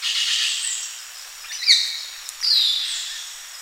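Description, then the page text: Hair-crested drongo calls: two bright, downward-slurred whistles close together, heard through strong hissing background noise. "Hair-Crested Drongo Calls. Quick Sounds"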